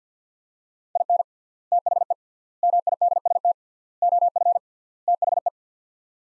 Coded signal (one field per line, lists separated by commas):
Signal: Morse code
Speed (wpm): 50 wpm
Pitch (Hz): 700 Hz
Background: none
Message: IN THE MIDST OF THE